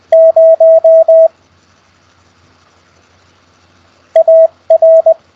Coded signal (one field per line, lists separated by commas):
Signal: Morse code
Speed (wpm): 20 wpm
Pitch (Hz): 650 Hz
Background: radio noise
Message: 0 AR